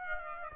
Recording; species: mosquito wingbeat signal from an infrared sensor; Aedes aegypti